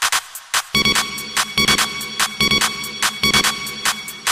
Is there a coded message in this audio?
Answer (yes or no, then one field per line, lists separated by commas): no